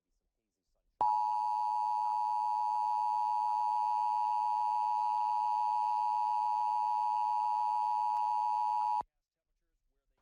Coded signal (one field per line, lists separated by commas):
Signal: Emergency Alert System (SAME) tones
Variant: 853 and 960 Hz attention tone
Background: speech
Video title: KRON Emergency Alert System - San Francisco Required Monthly Test (October 10, 2017)